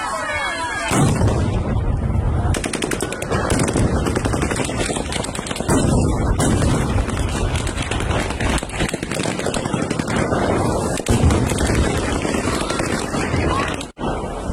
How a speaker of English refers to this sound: You may have seen this footage from the Ukrainian city of Kherson yesterday, as Russian soldiers dispersed a protest against their occupation just by firing shots at protesters.